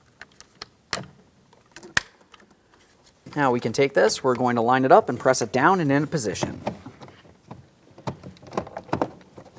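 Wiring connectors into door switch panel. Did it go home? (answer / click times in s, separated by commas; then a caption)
yes / 0.9 s, 2.0 s. Wiring connectors are lined up and pressed into the door switch panel of a 2007-2014 GMC Sierra 2500 HD, giving sharp clicks at 0.9 s and 2.0 s as they seat. Someone then talks while more light clicks and taps follow near the end.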